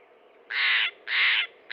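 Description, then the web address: Steller's jay giving two harsh, grating calls, a third beginning at the end. Western North America. "Dan Gibson Wildlife Identification By Sound, Western North America. Steller's Jay"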